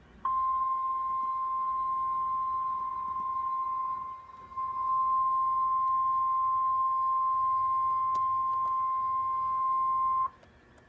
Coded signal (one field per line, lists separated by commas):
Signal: Emergency Alert System (SAME) tones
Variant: 1050 Hz attention tone